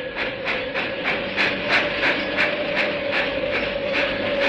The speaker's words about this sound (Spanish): Un único pasajero se apeó del tren en la estación de ferrocarril de Bramblehart.